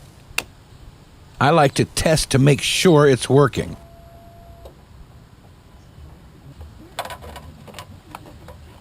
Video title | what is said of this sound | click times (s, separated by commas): DODGE DURANGO - How-to CHANGE TURN SIGNAL BULB | slide the new bulb in until it clicks | 0.4 s